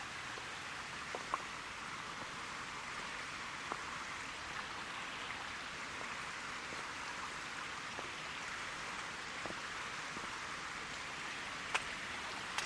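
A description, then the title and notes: A steady, even hiss fills the winter forest park, broken by scattered light ticks like drips and one sharper snap near the end. Forest Park in Winter.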